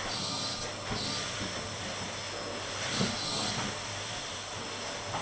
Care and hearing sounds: daily activity, microphone in the room; vacuum cleaning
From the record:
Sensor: 4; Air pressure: 989.5 hPa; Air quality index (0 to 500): 216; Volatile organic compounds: 67 ppm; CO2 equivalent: 3493 ppm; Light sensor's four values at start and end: 25/90/33/35 and 25/90/33/35

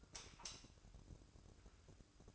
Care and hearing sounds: daily activity, microphone in the room; light off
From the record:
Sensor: 2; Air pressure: 1007.7 hPa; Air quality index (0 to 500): 94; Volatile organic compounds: 1 ppm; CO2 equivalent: 715 ppm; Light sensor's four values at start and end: 12/33/14/13 and 8/18/7/8

